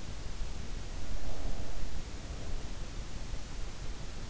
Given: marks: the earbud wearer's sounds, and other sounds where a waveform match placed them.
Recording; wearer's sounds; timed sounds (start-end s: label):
sounds in sleep by an in-ear microphone; breath
0.87-3.05 s: breath